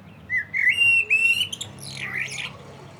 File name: Turdus merula